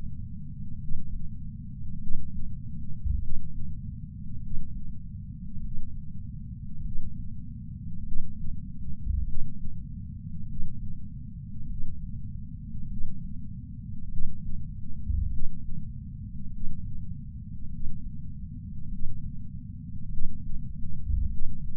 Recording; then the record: heart sounds by patch sensor on the chest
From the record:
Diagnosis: coronary artery disease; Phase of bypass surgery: intraoperative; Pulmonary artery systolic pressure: 33 mmHg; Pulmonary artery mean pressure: 24 mmHg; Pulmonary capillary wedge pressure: 16 mmHg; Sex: male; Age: 71 years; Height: 160 cm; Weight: 67 kg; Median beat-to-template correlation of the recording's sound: 0.94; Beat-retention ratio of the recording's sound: 0.98